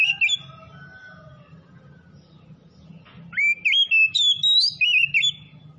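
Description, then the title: Oriental magpie-robin gives a brief whistled opening, then a lively phrase of pure, jumping notes, with a soft low hum behind. "Kacer Tretes"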